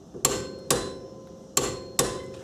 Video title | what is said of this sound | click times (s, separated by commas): Rokkor Coilover REAR Strut Install with Basic Hand Tools HD | the wrench clicks and we know we're in good shape | 0.2 s, 1.6 s